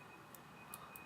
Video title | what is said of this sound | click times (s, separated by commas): DIY Micro Hidden Spy Camera - Setup & Features | So we're going to put that in there just like that, and then we want to push it until it clicks. | 0.7 s